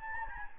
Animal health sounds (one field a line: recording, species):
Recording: mosquito wingbeat signal from an infrared sensor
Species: Anopheles gambiae